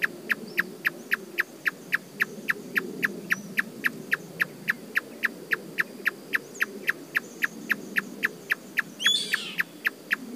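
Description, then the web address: Marsh tapaculo calling: a steady series of short, sharp notes, about four per second, with low background rumble and a brief high chirp from another bird near the end. "sound Marsh-tapaculo. صدای-پرنده-تپلک-ماندابی"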